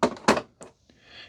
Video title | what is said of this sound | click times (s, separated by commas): Shark Power Detect Clean & Empty (IP3253) Review - Ultimate Cordless Vacuum for Pet Hair & Carpets | And that connection kind of faces forward and clicks into place. | 0.3 s